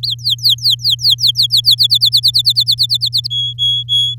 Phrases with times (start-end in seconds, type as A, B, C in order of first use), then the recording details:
0.03-1.75 A, 1.78-3.28 B, 3.30-4.14 C. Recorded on 10 May 2018 at 13:36. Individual llb16